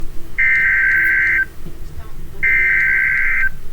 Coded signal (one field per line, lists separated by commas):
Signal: Emergency Alert System (SAME) tones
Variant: header bursts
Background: speech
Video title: EAS 28